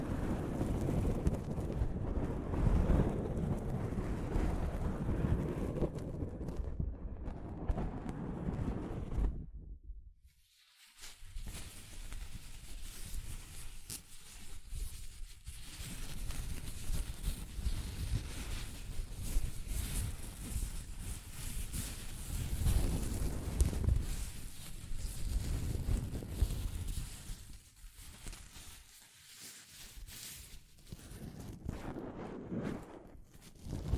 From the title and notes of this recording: ASMR Mic Brushing using Soft Fabric (No Talking).